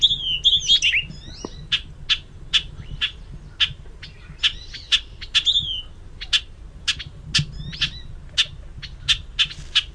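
Bobolink sharp call notes repeated at irregular intervals, with a short bubbly warbled song phrase at the start and another near the middle.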